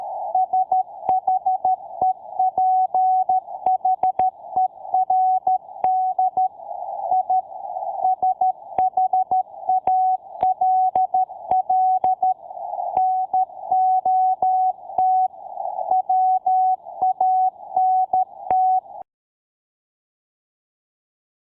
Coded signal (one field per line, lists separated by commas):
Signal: Morse code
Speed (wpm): 13 wpm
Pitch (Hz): 750 Hz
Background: none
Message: SHEPHERD I SHALL NOT WANT